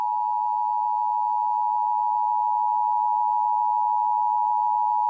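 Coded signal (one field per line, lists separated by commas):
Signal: Emergency Alert System (SAME) tones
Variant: 853 and 960 Hz attention tone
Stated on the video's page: National Periodic EAS Test captures.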